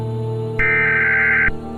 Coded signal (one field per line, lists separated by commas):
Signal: Emergency Alert System (SAME) tones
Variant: header bursts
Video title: MURDERMAS CHRISTMAS | A Christmas EAS Scenario